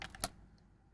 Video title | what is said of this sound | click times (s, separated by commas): HOW TO REMOVE AND REINSTALL 2016-2019 HONDA CIVIC DRIVER WHEEL AIRBAG STEP BY STEP | you hear that click you know for sure it has been connected and then you | 0.2 s